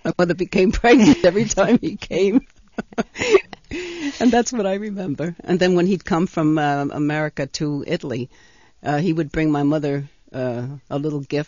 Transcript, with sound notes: My mother became pregnant every time he came. (she laughs) And that's what I remember. And then when he'd come from America to Italy, he would bring my mother a little gift.